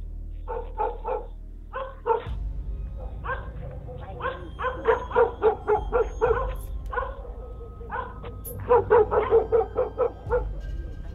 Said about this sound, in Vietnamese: Tiếng chó cắn ma trong làng cứ nhấm nha nhấm nhặng vang lên.